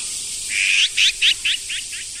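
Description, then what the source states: Azure-winged magpie: one long rising grating note, then several quick harsh notes that weaken overall, over a steady high-pitched background hiss. Yoyogi Park, Tokyo.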